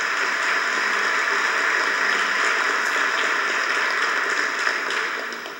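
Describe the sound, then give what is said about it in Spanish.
Steady, dense audience applause for new ministers at a swearing-in by Evo Morales in Bolivia, a continuous wash of many hands clapping at once that holds even for several seconds before tapering slightly at the end. No voices are heard over it. “Les felicito, un aplauso para ellas y ellos, estoy informado.”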